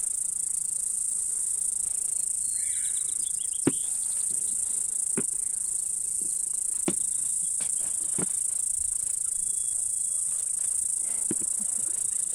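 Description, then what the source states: Crickets trilling steadily at a high pitch without pause, with occasional short bird chips and brief chirping phrases. Montana, 2013; crickets recorded together with birds.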